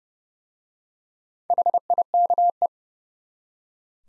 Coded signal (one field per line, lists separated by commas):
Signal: Morse code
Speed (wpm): 28 wpm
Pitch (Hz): 700 Hz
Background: none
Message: HIKE